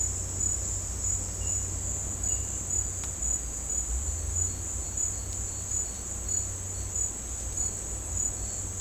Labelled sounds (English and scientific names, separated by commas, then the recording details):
none
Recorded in dense forest near Puerto Asís, Putumayo, Colombia, on 20 December 2024 at 10:30
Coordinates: 0.466, -76.327
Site G075